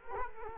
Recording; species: mosquito wingbeat signal from an infrared sensor; Culex quinquefasciatus